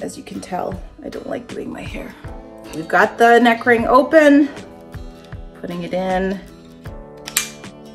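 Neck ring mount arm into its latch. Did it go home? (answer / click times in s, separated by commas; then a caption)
yes / 7.4 s. Over background music, someone talks while fitting a plastic Telesin magnetic neck ring mount, a neck holder for action cameras and phones, around their neck and pushing the open end of the mount arm back into its latch. The latch clicks shut at 7.4 s, seating the ring closed around the neck.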